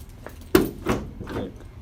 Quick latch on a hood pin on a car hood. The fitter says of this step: and click. Locked